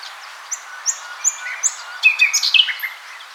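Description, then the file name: Common nightingale song: a series of soft, evenly spaced high whistled notes, then a quick burst of louder twittering notes. "Luscinia megarhynchos"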